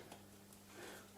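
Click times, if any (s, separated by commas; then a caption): none. A plastic block holding M3 nuts is pressed onto the locating spigots of a frame, and it fails to click onto the spigot. There are only faint, quiet taps and rustles over a steady low hum, with nothing seated or clicked yet.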